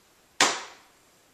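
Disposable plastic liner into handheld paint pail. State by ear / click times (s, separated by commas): seated / 0.4 s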